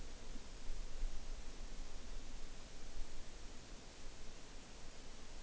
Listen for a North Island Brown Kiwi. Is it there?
no